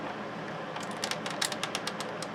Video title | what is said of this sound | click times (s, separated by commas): Revell peterbuilt 359 part 2 the finsh | same thing i didn't hear a snap so | none